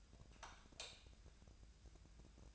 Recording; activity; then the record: daily activity, microphone in the room; light off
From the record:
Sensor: 2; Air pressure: 999.9 hPa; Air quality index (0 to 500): 118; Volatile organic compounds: 2 ppm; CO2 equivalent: 1014 ppm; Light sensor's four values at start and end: 43/114/48/53 and 39/97/41/47